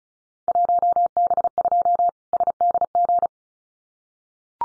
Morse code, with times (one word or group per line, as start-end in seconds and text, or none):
0.5-2.1 1B2
2.3-3.3 SDG